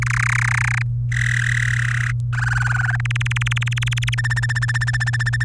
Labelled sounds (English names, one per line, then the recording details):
Domestic Canary song
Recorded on 23 April 2018 at 17:41
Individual llb3